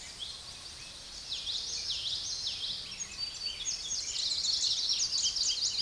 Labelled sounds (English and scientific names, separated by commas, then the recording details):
Common Yellowthroat (Geothlypis trichas) song
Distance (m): 20 m
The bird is about level with the microphone
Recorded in a Pennsylvania forest on 16 May 2024 at 06:26
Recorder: AudioMoth, point MSD-2320
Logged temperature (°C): 12.8 °C
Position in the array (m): 231 m, 181 m